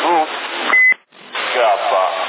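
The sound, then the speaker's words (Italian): A single short, steady radio beep at a mid-high pitch sounds over a crackly CB two-way radio channel in Sassari, Italy, in February 2012, followed by a brief drop-out, with radio voices talking before and after it. “Ho sentito un bip, avanti.”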